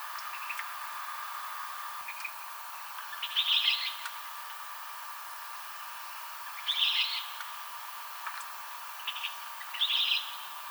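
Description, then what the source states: Western kingbird giving three sharp, high notes about three seconds apart, with a few fainter ticks between and a steady hum underneath. Recorded 7 July 2007.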